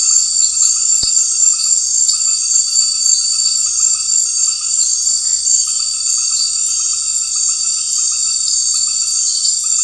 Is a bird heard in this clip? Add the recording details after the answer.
no. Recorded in secondary vegetation near Puerto Asís, Putumayo, Colombia, on 8 March 2025 at 19:00. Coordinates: 0.499, -76.323. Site G094